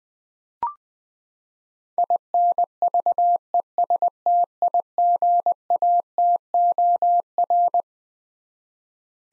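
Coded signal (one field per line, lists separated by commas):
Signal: Morse code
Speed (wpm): 20 wpm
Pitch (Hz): 700 Hz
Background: none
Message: INVESTIGATOR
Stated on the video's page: Head-copy practice of twelve-letter words at 20 wpm, each word sent in Morse, spoken, then sent again.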